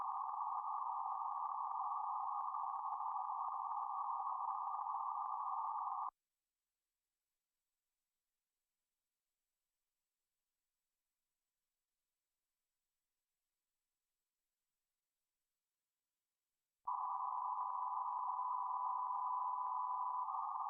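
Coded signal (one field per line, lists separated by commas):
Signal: PSK31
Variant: BPSK31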